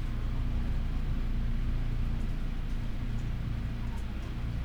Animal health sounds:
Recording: poultry house recording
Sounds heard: healthy chickens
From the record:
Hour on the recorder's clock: 12

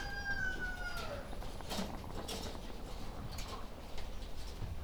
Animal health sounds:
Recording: poultry house recording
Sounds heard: sick chickens (respiratory disease)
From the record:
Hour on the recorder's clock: 17

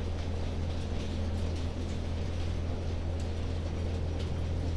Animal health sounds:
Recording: poultry house recording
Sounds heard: no chicken sound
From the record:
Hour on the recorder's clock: 21

